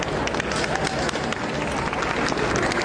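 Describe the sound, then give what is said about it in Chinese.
A crowd applauds steadily as King Charles III and Queen Camilla leave a church and drive away, dense overlapping claps forming a continuous wash of sound, with faint murmuring voices mixed in underneath. “国王查尔斯三世和王后卡米拉离开教堂时，民众也一路鼓掌，直到坐车离开。”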